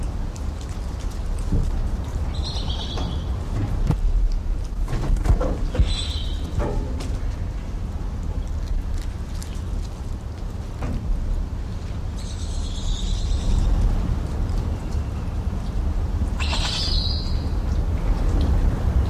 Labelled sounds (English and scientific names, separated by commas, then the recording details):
Black-handed Spider Monkey (Ateles geoffroyi)
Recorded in captivity
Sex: group
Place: Tiergarten Schönbrunn, AT
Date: 1990-09-02 18:05
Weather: overcast, 17°C
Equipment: Marantz CP 430, Sennheiser ME 80, Kopie Uher Variocord
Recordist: Tembrock, Günter